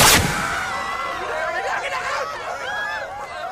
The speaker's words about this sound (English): Nobody move. This is the judges. Warning shot.